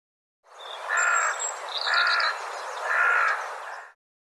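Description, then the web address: Bird call: three clear, slightly harsh harmonic notes, each about half a second long, spaced about a second apart, with faint high chirps from other birds between them. "cianscape birddata"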